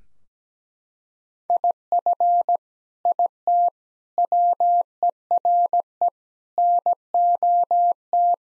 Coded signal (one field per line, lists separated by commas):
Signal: Morse code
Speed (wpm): 17 wpm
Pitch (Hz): 700 Hz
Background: none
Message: IF IT WERE NOT